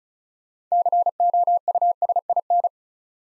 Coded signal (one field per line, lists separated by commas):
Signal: Morse code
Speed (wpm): 36 wpm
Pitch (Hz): 700 Hz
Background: none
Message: COUSIN